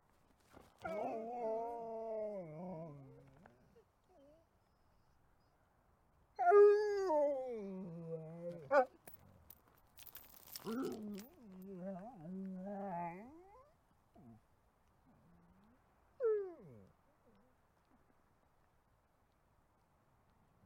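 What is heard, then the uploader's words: Drawn-out, wavering howls come in four separate calls: one near the start, a louder rising one around six seconds, a longer quivering one near ten seconds, and a short yelp-like call at sixteen. Quiet pauses separate them, with a few soft clicks between. Wolves vs. Dogs: Howling Showdown.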